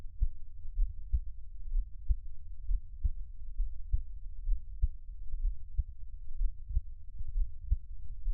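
Soft, low thumps repeat steadily at about 62 beats a minute over a faint low rumble. It is an ordinary adult heartbeat, heard close up.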